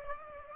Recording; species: mosquito wingbeat signal from an infrared sensor; Aedes aegypti